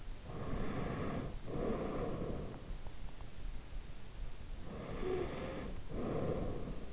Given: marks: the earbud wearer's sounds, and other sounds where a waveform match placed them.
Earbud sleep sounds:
sounds in sleep by an in-ear microphone; snoring breath
0.26-2.72 s: snoring breath
4.61-6.93 s: snoring breath

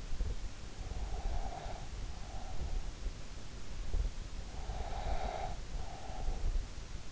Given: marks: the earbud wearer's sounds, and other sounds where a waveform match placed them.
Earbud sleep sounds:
sounds in sleep by an in-ear microphone; breath
0.56-2.88 s: breath
4.37-6.70 s: breath

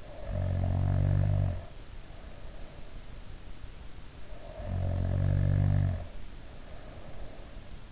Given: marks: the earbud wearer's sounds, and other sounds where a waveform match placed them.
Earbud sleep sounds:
sounds in sleep by an in-ear microphone; snoring breath
0.00-3.03 s: snoring breath
4.12-7.32 s: snoring breath

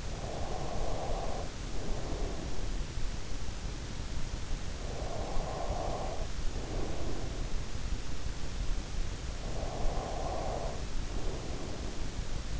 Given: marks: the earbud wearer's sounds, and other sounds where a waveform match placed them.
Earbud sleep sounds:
sounds in sleep by an in-ear microphone; breath
0.00-3.36 s: breath
4.75-8.15 s: breath
9.34-12.60 s: breath

